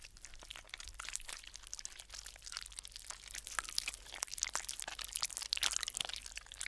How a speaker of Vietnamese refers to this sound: rồi nó đưa tay bốc từng nắm đất mộ nhét vào mồm, nhai rau ráu đến giận cả người.